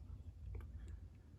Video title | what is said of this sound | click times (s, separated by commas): Transformers (2007) Voyager Class: Starscream (ASMR) | simply take the missiles and slide them in until they sort of lock into place | 0.5 s, 0.6 s